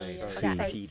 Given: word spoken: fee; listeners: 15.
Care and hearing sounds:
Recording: one English word in noise, from a listening test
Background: four-talker babble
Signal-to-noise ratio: 0.9 dB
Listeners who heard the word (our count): 0 of 15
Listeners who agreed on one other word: 7 of 15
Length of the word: 0.51 s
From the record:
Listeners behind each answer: 7, 2, 2, 1, 1, 1, 1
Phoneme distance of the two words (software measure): 7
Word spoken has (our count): 1 syllable, 2 phonemes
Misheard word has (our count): 1 syllable, 3 phonemes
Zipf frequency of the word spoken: 4.19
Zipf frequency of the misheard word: 4.69

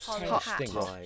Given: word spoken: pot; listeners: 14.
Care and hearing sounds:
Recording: one English word in noise, from a listening test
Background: four-talker babble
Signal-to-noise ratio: -1.6 dB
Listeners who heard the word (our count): 3 of 14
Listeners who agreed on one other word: 6 of 14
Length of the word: 0.66 s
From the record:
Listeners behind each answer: 6, 5, 3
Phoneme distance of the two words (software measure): 10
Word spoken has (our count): 1 syllable, 3 phonemes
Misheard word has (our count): 1 syllable, 3 phonemes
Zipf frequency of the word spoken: 4.76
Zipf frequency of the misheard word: 5.14

